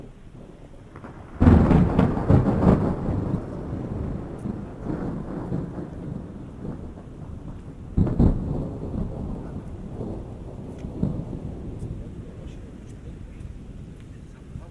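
Rolling thunder over a steady hiss of rain and running water. A heavy, deep rumble breaks in at about a second and a half and slowly fades, and a second, shorter crack follows near eight seconds. Between them, the rain keeps up a constant wash.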